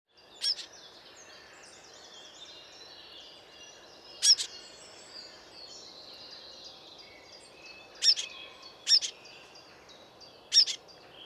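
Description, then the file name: Eurasian blackcap giving sharp, hard clicking tack calls, single or paired, spaced several seconds apart, over faint birdsong and a steady hiss. "Sylvia atricapilla"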